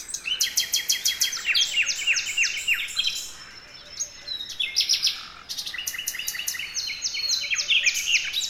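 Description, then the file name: Common nightingale song: loud bursts of rapid repeated notes and slurred whistles in three phrases, separated by short quieter pauses. "Luscinia megarhynchos"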